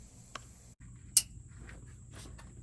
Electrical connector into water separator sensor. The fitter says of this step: all right nice click